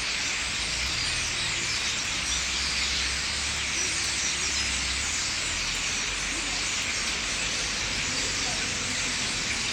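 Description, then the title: Common starlings in a dense fizzing chorus of many overlapping calls, with a low rumble underneath for several seconds. Thousands of starlings gathering in trees at night at a roost on Rue des Prisons, Limoges, France; Sony PCM-M10 internal microphones. "4 Rue des Prisons, Limoges, France - Starlings - étourneaux"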